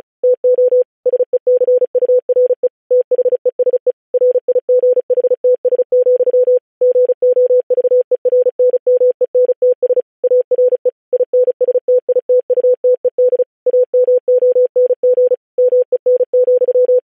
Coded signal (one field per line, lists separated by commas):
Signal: Morse code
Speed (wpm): 36 wpm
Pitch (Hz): 500 Hz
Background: none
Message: TO SECURE THESE RIGHTS, GOVERNMENTS ARE INSTITUTED AMONG MEN,